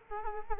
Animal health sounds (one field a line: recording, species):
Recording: mosquito wingbeat signal from an infrared sensor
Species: Culex quinquefasciatus